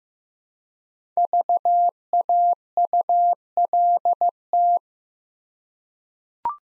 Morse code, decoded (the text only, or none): VAULT